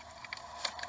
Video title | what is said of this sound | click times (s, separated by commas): Infiniti G37 Seat Recline Motor Repair | All right, they just snap into place. There we go. | 0.3 s, 0.6 s